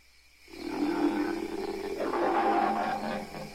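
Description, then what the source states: Ape screaming, a harsh, harmonic scream that starts abruptly after a short silence and carries on loudly, wavering in pitch, for about three seconds. Long, angry screaming and growling.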